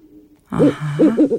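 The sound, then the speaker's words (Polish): An owl hoots in a quick warbling run after a brief quiet moment, the low calls rising and falling in pitch, fairly loud and with no voices over them. “jak nazywa się bohaterka naszej zagadki? Sowa. To zapytajmy, czy to prawda, pani Sowo?”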